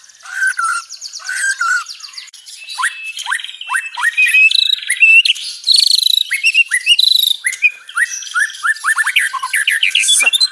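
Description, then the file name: White-rumped shama song, a fast string of sharp upslurred whistled chirps interspersed with buzzy rattles, delivered almost without pause. Banjar white-rumped shama, rapid-fire close-spaced song style. "Suara tembakan speed rapat Murai batu banjar"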